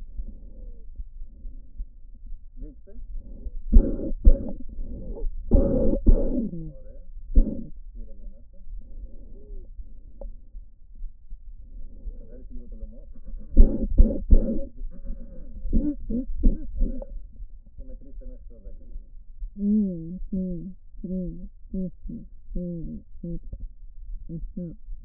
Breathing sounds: lung sounds by stethoscope; right posterior basal chest; quiet breathing, then cough and speech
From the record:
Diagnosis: asthma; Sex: female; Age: 56 years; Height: 161 cm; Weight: 85 kg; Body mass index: 32.8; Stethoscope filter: diaphragm mode

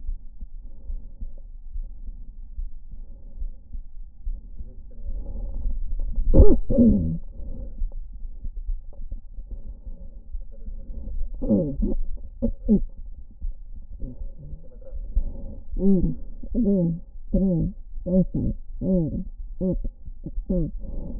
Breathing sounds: lung sounds by stethoscope; right anterior apical chest; quiet breathing, then cough and speech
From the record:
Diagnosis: interstitial lung disease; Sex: female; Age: 72 years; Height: 153 cm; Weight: 71 kg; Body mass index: 30.3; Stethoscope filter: diaphragm mode

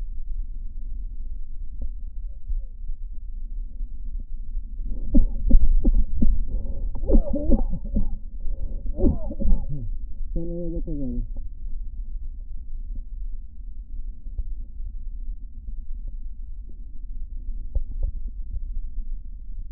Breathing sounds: lung sounds by stethoscope; left posterior basal chest; quiet breathing, then cough and speech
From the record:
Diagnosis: COPD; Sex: male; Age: 59 years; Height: 171 cm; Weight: 91.4 kg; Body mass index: 31.3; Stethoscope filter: diaphragm mode

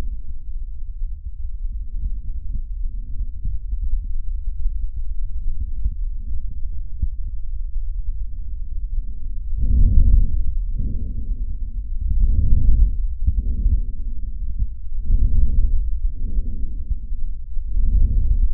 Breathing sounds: lung sounds by stethoscope; trachea; quiet breathing, then deep breathing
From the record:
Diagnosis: COPD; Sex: male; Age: 77 years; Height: 172 cm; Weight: 85.2 kg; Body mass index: 28.8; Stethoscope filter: bell mode

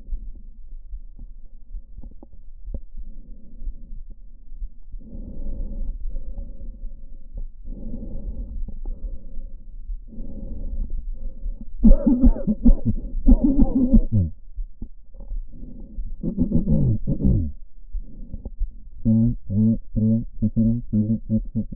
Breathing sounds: lung sounds by stethoscope; right anterior apical chest; quiet breathing, then cough and speech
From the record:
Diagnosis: none (healthy); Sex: male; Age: 45 years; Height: 173 cm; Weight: 92 kg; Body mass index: 30.7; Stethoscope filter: diaphragm mode

